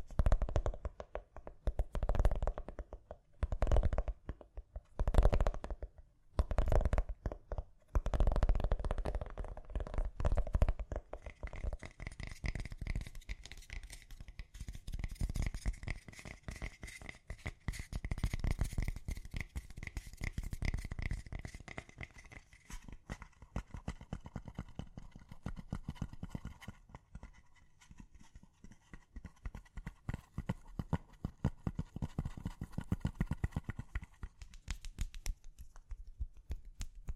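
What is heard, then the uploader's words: Gentle tapping: in the first ten seconds, slow separate bursts land roughly once a second, each with a soft low thump. After that the taps turn into quick, dense, light patter, with a faint steady high tone running underneath for most of the rest. ASMR Gently Tapping. (No Talking).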